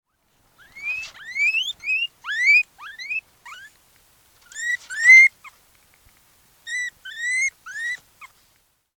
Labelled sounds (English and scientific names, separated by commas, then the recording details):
Guinea Pig (Cavia porcellus)
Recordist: Tembrock, Günter
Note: Distress-Laute